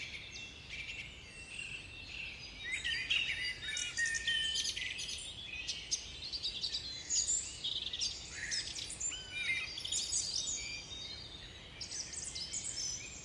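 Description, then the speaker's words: Woodland birds in a mixed dawn chorus, many overlapping high chirps and whistled phrases from several singers at once over a soft steady background hiss. Binaural dawn chorus of mixed birds in an English woodland on the Herefordshire borders, recorded around 3 a.m. "So please allow yourself to stop and simply listen to this English woodland dawn chorus to mark Nyepi in my own small way."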